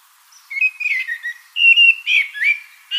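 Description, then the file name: Common blackbird song: mellow, fluty whistled notes, then short squeakier notes, with brief pauses between them. "Turdus merula"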